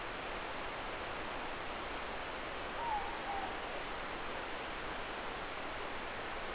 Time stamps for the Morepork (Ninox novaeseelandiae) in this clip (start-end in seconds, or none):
2.64-3.61